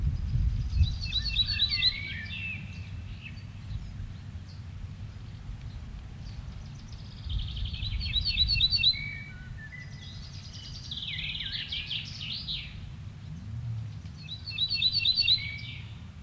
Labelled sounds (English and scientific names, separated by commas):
Ortolan Bunting (Emberiza hortulana)